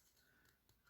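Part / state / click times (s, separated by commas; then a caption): plastic capsule half into toy doll base / not seated / none. A plastic capsule half is handled and twisted onto a toy doll base, giving only quiet, faint plastic rubbing and scraping over a low background. The part is not yet home; nothing has seated or clicked by the end of the clip.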